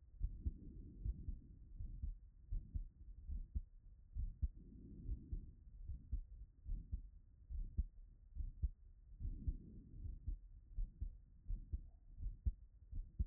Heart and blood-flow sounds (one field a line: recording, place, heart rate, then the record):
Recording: heart sounds by stethoscope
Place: Erb's point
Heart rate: 73 bpm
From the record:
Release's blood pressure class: hypertension stage 2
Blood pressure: 158/77 mmHg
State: after exercise